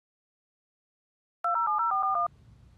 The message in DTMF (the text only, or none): 207041